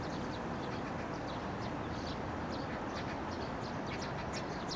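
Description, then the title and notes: Eurasian tree sparrow calls, scattered sharp chirps throughout, set against constant vehicle noise. Yangjaecheon Stream, Yangjae-dong, Seocho-gu, Seoul, South Korea; summer during the monsoon season, with vehicles including a bus passing by. "대한민국 서울특별시 서초구 양재동 261-23-Yangjaecheon, Summer, Bus, Sparrow. Yangjaecheon Stream, Summer, Monsoon, Sparrow, vehicle passing by 양재천, 여름, 장마철, 참새"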